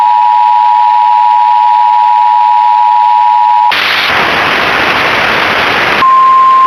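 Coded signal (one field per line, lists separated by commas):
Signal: Emergency Alert System (SAME) tones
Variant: 853 and 960 Hz attention tone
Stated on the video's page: Mock EAS alert with a VHS effect made in Audacity, not a real alert.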